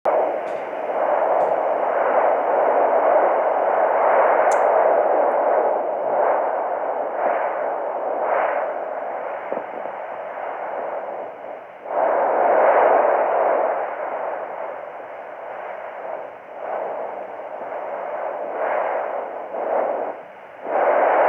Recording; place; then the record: Doppler ultrasound of blood flow; carotid artery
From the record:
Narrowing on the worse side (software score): moderate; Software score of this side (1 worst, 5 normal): 3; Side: left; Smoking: never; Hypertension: no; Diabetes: no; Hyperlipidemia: no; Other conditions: foot edema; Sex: female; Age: 75 years